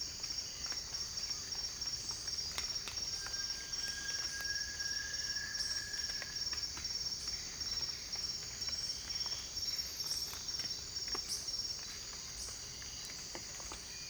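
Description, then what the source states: Variegated tinamou giving a long, steady, level whistle lasting about two seconds, under a dense, continuous high-pitched insect chorus with scattered clicks. Recorded in French Guiana.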